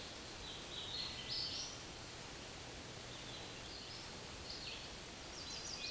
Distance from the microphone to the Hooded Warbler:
about 30 m